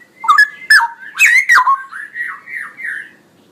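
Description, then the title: Straw-headed bulbul song: loud gurgling whistles followed by a long run of softer warbling notes rising and falling. Male, singing loudly with long rolling phrases; used as master recording for training songbirds. "GILEEE Cucak ROWO Jantan GACOR Suara Lantang ROoo EL Panjang"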